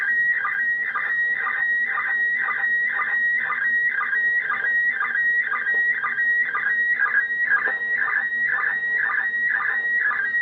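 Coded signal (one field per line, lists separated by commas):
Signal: SSTV (slow-scan television)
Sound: steady high whistling tone broken by warbling chirps about twice a second, continuously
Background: radio static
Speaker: that's a pretty good signal it's about an S7 at the moment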